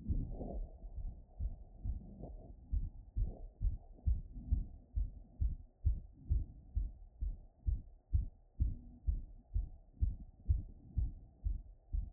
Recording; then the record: heart sounds by stethoscope after running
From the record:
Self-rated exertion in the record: light exertion (2 of 6); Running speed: 8 mph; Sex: male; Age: 37 years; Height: 174 cm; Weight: 76 kg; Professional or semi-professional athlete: no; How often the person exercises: over 5 times a week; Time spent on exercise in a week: over 5 hours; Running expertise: yes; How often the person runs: 3 to 5 times a week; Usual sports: running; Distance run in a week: 70 km